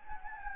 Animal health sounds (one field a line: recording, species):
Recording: mosquito wingbeat signal from an infrared sensor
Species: Anopheles gambiae